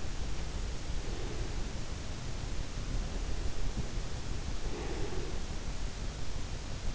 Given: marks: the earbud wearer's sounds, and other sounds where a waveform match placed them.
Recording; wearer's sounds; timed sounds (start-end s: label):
sounds in sleep by an in-ear microphone; breath
0.84-1.80 s: breath
2.68-5.56 s: breath